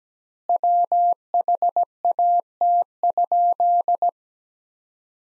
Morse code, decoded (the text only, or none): WHAT?